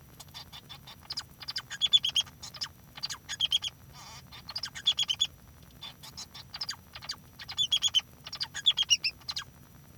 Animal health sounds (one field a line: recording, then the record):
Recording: song of a male Bengalese finch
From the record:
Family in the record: son of father 2